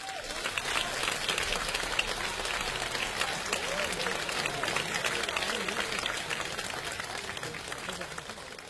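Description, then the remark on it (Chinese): Sustained applause from a large audience, a dense, even wash of many hands clapping at once, holding steady in loudness with no voices standing out, welcoming crosstalk artists Li Jindou and Wang Wenlin at a memorial show for Hou Yaowen at the Fengtai Xiangsheng theatre. “接下来我们用热烈的掌声有请全国著名的相声表演艺术家李金斗、王文林。”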